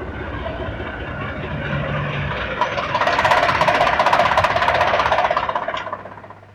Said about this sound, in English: Hey, boys, here's our bus.